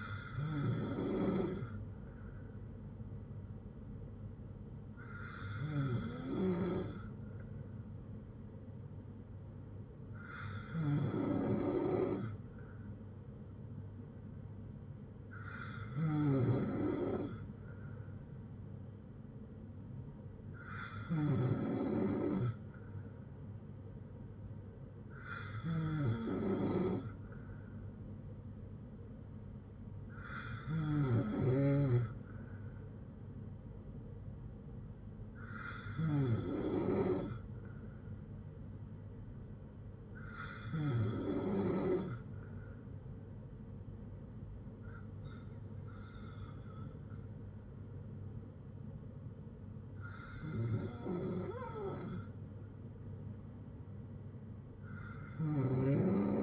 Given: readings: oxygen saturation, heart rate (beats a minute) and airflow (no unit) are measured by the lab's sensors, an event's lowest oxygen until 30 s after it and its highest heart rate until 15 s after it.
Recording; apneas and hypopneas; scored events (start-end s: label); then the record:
breathing in sleep by a smartphone at the bedside; none
none scored
From the record:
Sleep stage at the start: N3 (deep sleep); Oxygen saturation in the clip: 94 to 95%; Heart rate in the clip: 57 to 68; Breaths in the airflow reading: 11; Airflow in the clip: -5.2 to 3.0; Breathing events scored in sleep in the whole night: 182 in 7.4 hours asleep